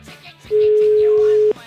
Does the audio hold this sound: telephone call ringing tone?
yes